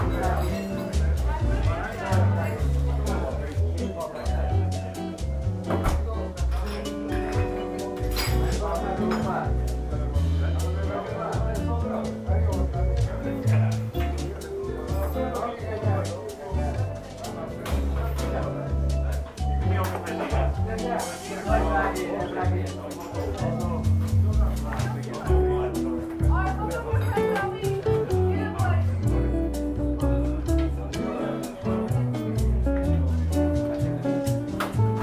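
Coffee shop ambience: a constant murmur of talking runs through all 35 seconds at an even level. Underneath, sustained tones and regular low pulses suggest background music playing throughout. Occasional soft clinks and knocks stand out briefly.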